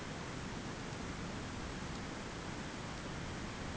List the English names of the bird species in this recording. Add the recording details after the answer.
none. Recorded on Arctic tundra, site ZACK-1, on 15 June 2019. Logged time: 21:49